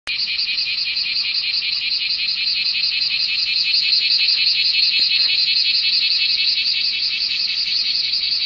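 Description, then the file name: Bear cicada's shrill, pulsating buzz starts abruptly and carries on unbroken and strong, swelling slightly midway. "クマゼミ"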